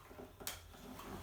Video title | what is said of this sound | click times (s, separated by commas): Multiply build demo copy | that will pop into place like so | 0.5 s